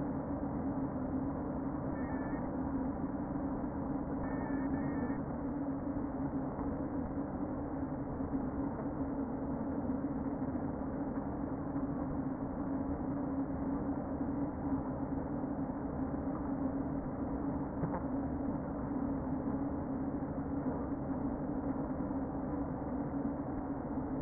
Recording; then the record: honeybee colony, microphone inside the hive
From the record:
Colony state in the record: queen present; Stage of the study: before two queens were removed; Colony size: about 60,000 bees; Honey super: yes